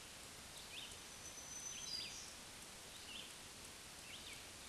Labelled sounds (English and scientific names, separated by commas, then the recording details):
Black-throated Green Warbler (Setophaga virens) song
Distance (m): 20 m
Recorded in a Pennsylvania forest on 1 June 2023 at 06:14
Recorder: AudioMoth, point grid3_38_high
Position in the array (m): 243 m, 146 m